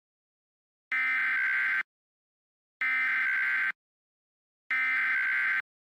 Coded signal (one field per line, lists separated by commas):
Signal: Emergency Alert System (SAME) tones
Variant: header bursts